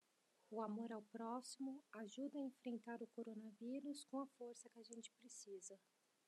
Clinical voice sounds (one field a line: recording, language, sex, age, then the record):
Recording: spoken sentence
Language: Brazilian Portuguese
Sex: female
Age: 20 to 29 years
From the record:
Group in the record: control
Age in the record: 27 years